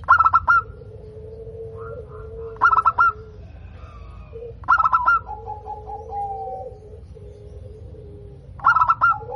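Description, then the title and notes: Zebra dove song: four short bursts of fast pulsed notes, with lower sustained tones between them. Local zebra dove (perkutut lokal) singing actively (gacor), its voice described as clear and loud. "PERKUTUT LOKAL GACOR Suara KRISTAL LANTANG. Kicau Burung Perkutut"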